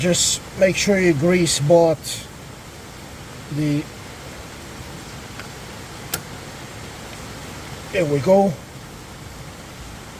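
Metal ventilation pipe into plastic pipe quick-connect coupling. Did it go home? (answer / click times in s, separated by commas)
yes / 6.1 s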